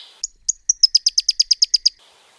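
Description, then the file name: Pyrrhuloxia trill: a few high separate notes lead into a quick, evenly spaced series of about ten sharp notes, then it stops. "suara burung pyrrhuloxia omkicau"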